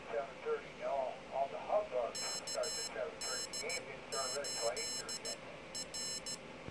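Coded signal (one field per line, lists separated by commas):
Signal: Morse code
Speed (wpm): 15 wpm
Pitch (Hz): 2950 Hz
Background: speech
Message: KD8R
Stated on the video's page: Morse from a homemade iambic key with an Arduino keyer.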